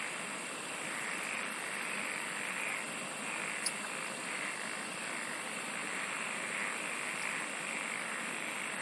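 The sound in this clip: Chorusing insects: a high, rapidly pulsed trill runs for about two seconds near the start, with a steady shrill drone and soft rhythmic throbs throughout.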